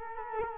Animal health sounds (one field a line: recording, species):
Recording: mosquito wingbeat signal from an infrared sensor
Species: Culex quinquefasciatus